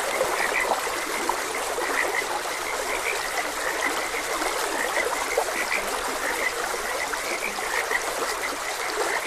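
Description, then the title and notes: Frog croaks repeat in a thick chorus, some brighter notes standing out, all over rushing stream noise. Frogs croaking beside a gentle stream. "Gentle Stream and Frogs Croaking. Sleep and Relaxation Podcast"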